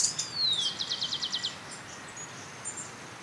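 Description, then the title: Black-crested warbler giving a thin, high descending whistle followed by a quick series of sharp, high chips, over steady background hiss. "Myiothlypis Nigrocristata"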